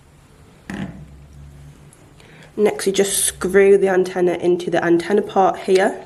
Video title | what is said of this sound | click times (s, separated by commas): NEW Motorola R7 series unboxing (2023) | then firmly push up till it clicks into place like that. | 0.7 s